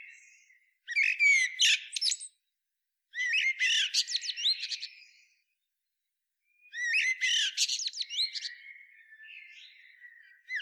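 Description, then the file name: Eurasian blackbird song in three separate bursts of high, scratchy twittering, each one and a half to three and a half seconds long with pauses of silence between them. "Turdus merula"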